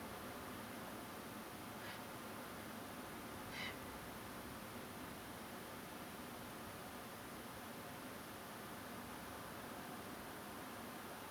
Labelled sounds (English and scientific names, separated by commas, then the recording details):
Grey Heron (Ardea cinerea)
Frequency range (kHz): Grey Heron (Ardea cinerea) 1.6-6.9 kHz
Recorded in France